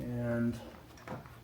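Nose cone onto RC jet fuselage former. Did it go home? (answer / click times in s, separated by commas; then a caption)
yes / 1.1 s, 1.3 s. The fibreglass nose cone of a large F-15 XXL RC jet model is pushed onto the fuselage former after light sanding. Someone talks briefly, then two short sharp hits sound at 1.1 s and 1.3 s. The nose cone clicks into place, tight and snug.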